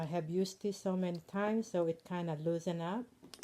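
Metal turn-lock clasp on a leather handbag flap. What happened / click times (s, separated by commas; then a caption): Handled, not yet home: small metal clasp not yet clicked shut / none. Someone talks while handling the metal turn-lock clasp on the flap of a luxury leather handbag (Louis Vuitton or Chanel). Near the end there are a few faint, brief ticks of handling. Nothing has clicked shut or seated yet.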